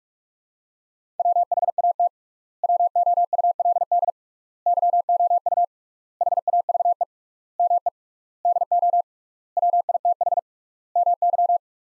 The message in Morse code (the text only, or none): WHAT WOULD YOU HAVE ME DO WITH MY